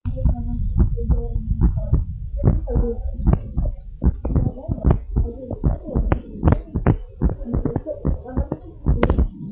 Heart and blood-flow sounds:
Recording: heart sounds of a pregnant woman by stethoscope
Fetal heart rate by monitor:
no fetal heartbeat
From the record:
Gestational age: 38 weeks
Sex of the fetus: girl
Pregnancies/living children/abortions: 1/0/0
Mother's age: 33 years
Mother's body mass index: 25.8

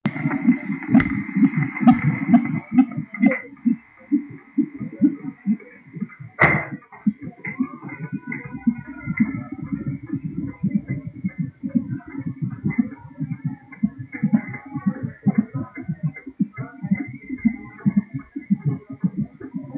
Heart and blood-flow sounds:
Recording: fetal heart sounds by stethoscope on the mother's abdomen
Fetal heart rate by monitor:
0.00-10.00 s: 121 bpm
10.00-19.78 s: 118 bpm
From the record:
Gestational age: 37 weeks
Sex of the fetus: girl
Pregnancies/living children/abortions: 2/1/0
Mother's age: 30 years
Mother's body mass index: 28.9

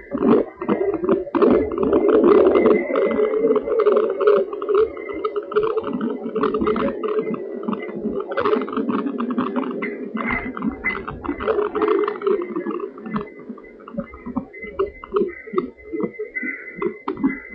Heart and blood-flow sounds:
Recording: fetal heart sounds by stethoscope on the mother's abdomen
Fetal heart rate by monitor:
0.00-10.00 s: 149 bpm
10.00-17.55 s: 148 bpm
From the record:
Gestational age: 38 weeks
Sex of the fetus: boy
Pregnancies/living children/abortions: 2/1/0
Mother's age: 35 years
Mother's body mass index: 33.8

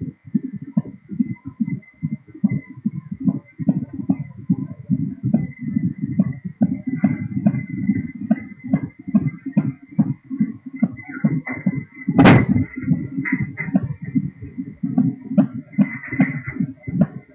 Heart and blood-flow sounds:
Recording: fetal heart sounds by stethoscope on the mother's abdomen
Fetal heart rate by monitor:
0.00-10.00 s: 142 bpm
10.00-17.35 s: 149 bpm
From the record:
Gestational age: 30 weeks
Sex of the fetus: boy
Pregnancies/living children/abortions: 2/1/0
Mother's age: 29 years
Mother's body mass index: 31.6

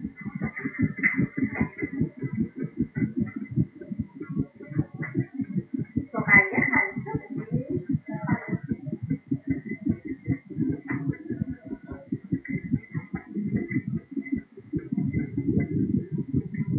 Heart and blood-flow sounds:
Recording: fetal heart sounds by stethoscope on the mother's abdomen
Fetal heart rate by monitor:
0.00-10.00 s: 157 bpm
10.00-16.79 s: 147 bpm
From the record:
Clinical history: monitored after previous abortions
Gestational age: 35 weeks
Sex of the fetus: girl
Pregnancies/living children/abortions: 4/1/2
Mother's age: 36 years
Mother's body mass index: 30.9

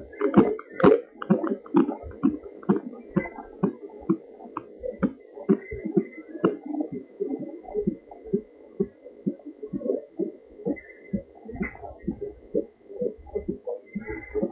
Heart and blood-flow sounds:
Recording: fetal heart sounds by stethoscope on the mother's abdomen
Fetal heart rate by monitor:
0.00-10.00 s: 130 bpm
10.00-14.52 s: 144 bpm
From the record:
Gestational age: 38 weeks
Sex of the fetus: girl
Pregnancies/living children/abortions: 2/1/0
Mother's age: 36 years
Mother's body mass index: 30.4

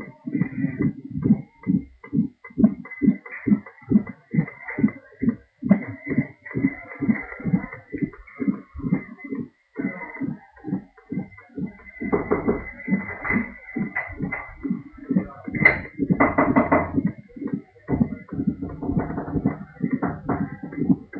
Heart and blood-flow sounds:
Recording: fetal heart sounds by stethoscope on the mother's abdomen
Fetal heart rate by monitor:
0.00-10.00 s: 132 bpm
10.00-20.00 s: 133 bpm
From the record:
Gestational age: 32 weeks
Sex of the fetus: twin girls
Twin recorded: right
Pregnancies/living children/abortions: 1/0/0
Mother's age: 20 years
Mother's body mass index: 25.0

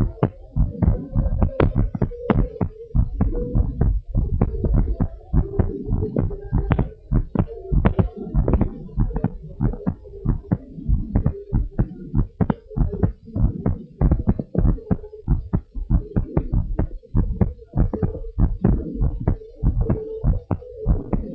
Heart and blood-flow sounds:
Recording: heart sounds of a pregnant woman by stethoscope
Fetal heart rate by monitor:
no fetal heartbeat
From the record:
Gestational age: 37 weeks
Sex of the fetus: twin girl and boy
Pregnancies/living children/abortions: 1/0/0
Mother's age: 31 years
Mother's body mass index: 28.9

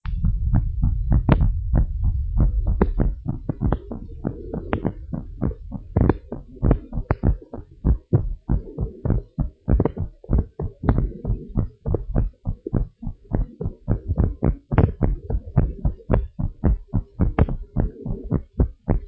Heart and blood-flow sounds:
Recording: heart sounds of a pregnant woman by stethoscope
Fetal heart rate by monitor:
no fetal heartbeat
From the record:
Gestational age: 34 weeks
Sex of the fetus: boy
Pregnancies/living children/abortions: 1/0/0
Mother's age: 18 years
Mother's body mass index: 25.6

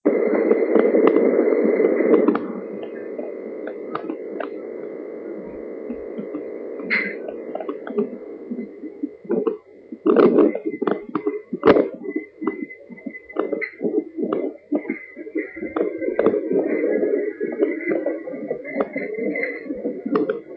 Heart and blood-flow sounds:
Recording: fetal heart sounds by stethoscope on the mother's abdomen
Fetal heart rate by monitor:
0.00-10.00 s: 130 bpm
10.00-20.00 s: 132 bpm
From the record:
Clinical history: hypothyroidism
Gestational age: 40 weeks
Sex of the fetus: girl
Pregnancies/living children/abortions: 1/0/0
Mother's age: 25 years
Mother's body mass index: 25.4

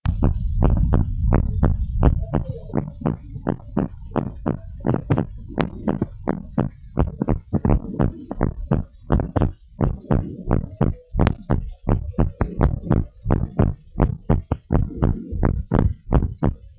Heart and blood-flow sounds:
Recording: heart sounds of a pregnant woman by stethoscope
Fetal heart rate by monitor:
no fetal heartbeat
From the record:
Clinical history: high fetal heart rate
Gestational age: 33 weeks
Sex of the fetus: boy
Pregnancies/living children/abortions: 2/0/1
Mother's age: 37 years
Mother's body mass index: 32.2

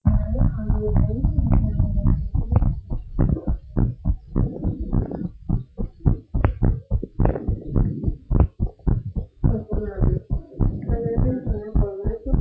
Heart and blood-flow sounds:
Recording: heart sounds of a pregnant woman by stethoscope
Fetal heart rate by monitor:
no fetal heartbeat
From the record:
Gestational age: 34 weeks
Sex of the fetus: girl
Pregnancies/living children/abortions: 3/2/0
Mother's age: 33 years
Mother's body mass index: 26.8

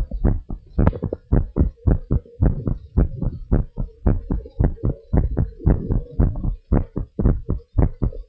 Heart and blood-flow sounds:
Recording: heart sounds of a pregnant woman by stethoscope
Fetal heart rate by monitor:
no fetal heartbeat
From the record:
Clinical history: decreased amniotic fluid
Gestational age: 34 weeks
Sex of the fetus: girl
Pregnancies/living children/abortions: 3/0/2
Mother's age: 34 years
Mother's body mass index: 28.9

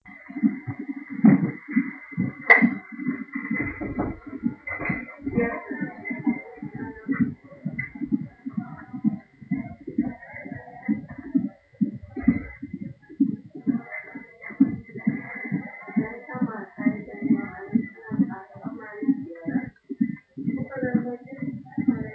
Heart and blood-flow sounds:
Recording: fetal heart sounds by stethoscope on the mother's abdomen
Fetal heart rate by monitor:
0.00-10.00 s: 130 bpm
10.00-20.00 s: 138 bpm
From the record:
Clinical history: preeclampsia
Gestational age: 34 weeks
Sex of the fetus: boy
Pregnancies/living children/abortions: 1/0/0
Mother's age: 25 years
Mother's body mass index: 26.3

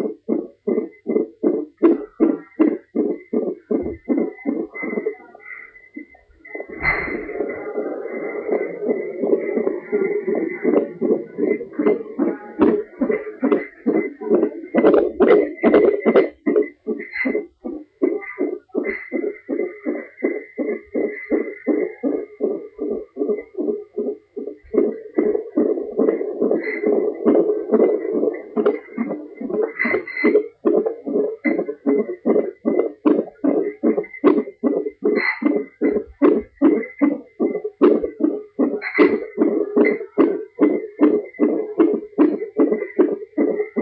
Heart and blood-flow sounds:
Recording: fetal heart sounds by stethoscope on the mother's abdomen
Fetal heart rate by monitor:
0.00-10.00 s: 147 bpm
10.00-20.00 s: 156 bpm
20.00-30.00 s: 151 bpm
30.00-40.00 s: 149 bpm
From the record:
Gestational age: 38 weeks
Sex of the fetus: boy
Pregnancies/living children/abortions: 2/1/0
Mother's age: 32 years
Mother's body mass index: 33.5

